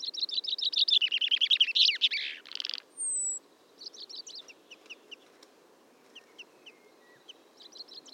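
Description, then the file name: Common chaffinch song: a fast run of bright notes sliding downward into a buzzy terminal flourish, followed by a thin high whistle and softer scattered chirps. "Fringilla coelebs"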